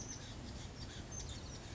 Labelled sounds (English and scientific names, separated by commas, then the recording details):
Oak Titmouse (Baeolophus inornatus)
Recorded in Sonoma County, California